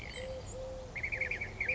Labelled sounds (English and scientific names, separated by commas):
Eurasian Collared Dove (Streptopelia decaocto)